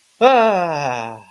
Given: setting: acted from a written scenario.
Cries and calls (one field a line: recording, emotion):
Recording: vocal sound without words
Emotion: serenity